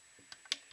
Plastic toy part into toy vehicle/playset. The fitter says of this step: se clipse ici vous vous l'avez dit et